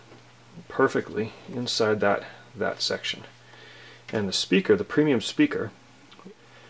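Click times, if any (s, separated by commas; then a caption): none. A small round premium speaker is handled near a rubber o-ring seated inside a metal lightsaber pommel, about one and a quarter inches in size, while someone talks. A faint short tick is heard near 6.1 s, but the speaker has not yet popped into the o-ring holder, and nothing has seated yet.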